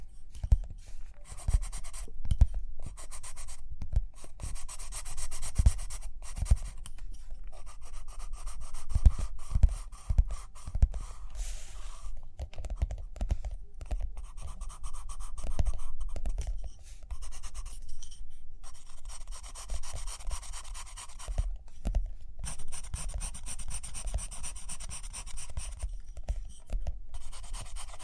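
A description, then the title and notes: Pencil or pen scratching and rubbing across paper continues almost without pause through the whole half minute. The strokes come in short, uneven bursts with a bright, hissy edge, broken by brief silences and soft low thumps of tapping. Page Turning and Tapping, Writing, Drawing.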